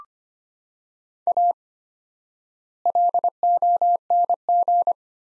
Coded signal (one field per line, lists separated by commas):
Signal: Morse code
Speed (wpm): 25 wpm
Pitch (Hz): 700 Hz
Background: none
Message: A LONG